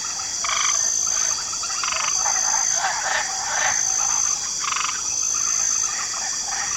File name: Swamp Ambience 2 Special Mix Light Chorus of Frogs